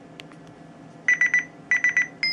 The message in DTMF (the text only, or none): none